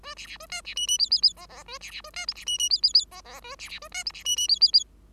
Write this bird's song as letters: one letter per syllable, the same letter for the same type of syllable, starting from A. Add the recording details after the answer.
A B B A C B D D E E E F F A B B A C G B D D E E E F F A B B A C G B D D E E E. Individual Bird5